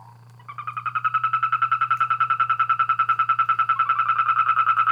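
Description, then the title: Frogs and toads: a frog or toad starting a fast, even pulsed trill after half a second, growing louder at first, with a low hum beneath. Chorus of frogs and toads after spring rain, near San Javier, Córdoba region, Argentina. "Orgie de batraciens, Cordoba (AR)"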